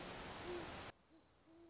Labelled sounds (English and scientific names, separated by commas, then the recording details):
Great Horned Owl (Bubo virginianus)
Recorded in Sonoma County, California